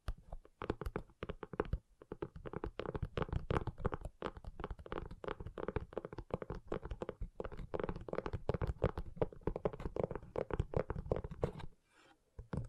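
Gentle tapping in quick, dense flurries of soft low knocks runs steadily, with brief pauses near two seconds and a quieter stretch near twelve.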